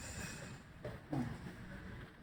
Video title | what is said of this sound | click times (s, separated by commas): How to Install MED Ethan 300 Anaesthesia Workstation | ये lock हो गया आपका वेपराइजर। | 0.9 s, 1.1 s